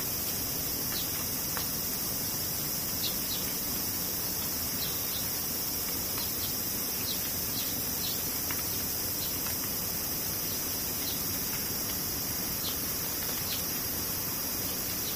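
Cicadas drone in a steady, dense high whine that never lets up, with faint brief ticks scattered throughout over a low rushing background.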